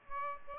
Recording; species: mosquito wingbeat signal from an infrared sensor; Aedes aegypti